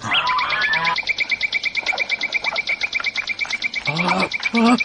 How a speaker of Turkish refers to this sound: Sarı tavuk 7 civciv çıkardı. 3 yumurta bozuk çıktı.